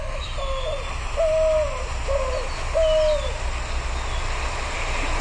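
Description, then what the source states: White-winged dove call: low, hooting coos in short phrases, with a clearer drawn-out note twice, over steady hiss and hum. A new recording played back from a cell phone; the source says the call sounds very owl-like.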